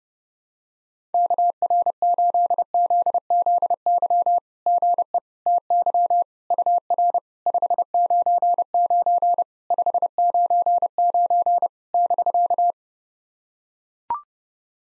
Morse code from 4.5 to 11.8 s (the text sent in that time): GE TY UR 599 599